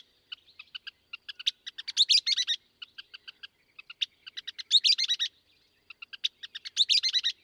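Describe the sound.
Western kingbird with evenly spaced sharp notes leading into squeaky, sputtering chatter, the pattern repeating three times.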